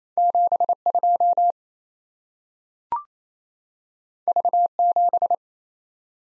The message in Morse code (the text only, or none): 72 V7